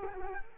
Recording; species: mosquito wingbeat signal from an infrared sensor; Culex quinquefasciatus